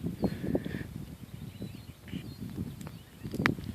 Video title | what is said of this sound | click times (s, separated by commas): Drip Irrigation Setup | Well, there it goes. Snapped right in. | 3.5 s